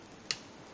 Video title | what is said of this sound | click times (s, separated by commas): Toys-collector.com Masterpiece Ironhide MP-27 G1 Series Voyager-Grade(7 in) | okay lock it over here lock it over here okay hear click sound | 0.3 s